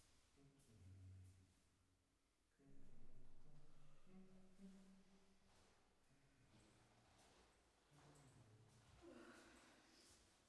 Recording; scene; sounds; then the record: everyday scene through a hearing-aid microphone; reverberant space; speech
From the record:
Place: staircase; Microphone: behind the ear, left, rear